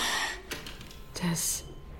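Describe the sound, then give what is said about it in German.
Ragged, heavy breaths of a frightened child holding still, with sharp gasping intakes, airy and uneven, sounding strained, with faint rustling and a brief tonal squeak between breaths, recorded by a camera lying on a forest floor. “Das ist das Atmen eines Kindes, das Angst hat.”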